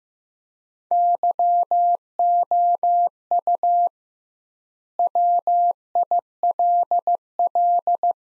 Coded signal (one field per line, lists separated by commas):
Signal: Morse code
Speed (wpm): 15 wpm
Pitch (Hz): 700 Hz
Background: none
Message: YOU WILL